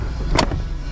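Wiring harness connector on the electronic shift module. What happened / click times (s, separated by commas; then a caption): The connector unlatched and came off / 0.4 s. A plastic wiring harness electrical connector on the electronic shift module of a 2015 Chrysler 300 is squeezed and pulled off after its primary lock has been released. A sharp hit is heard at 0.4 s as the connector lets go, over a low steady background hum. The connector unlatches and comes free.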